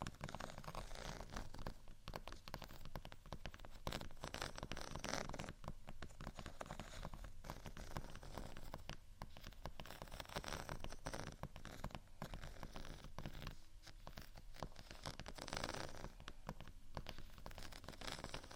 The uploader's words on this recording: ASMR Scratch & Tap On Textured Items & Beat（No Talking）.